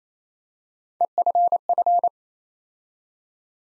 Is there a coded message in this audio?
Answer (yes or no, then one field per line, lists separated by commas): yes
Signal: Morse code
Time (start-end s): 1.0-2.1 s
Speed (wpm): 29 wpm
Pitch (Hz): 700 Hz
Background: none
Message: EFF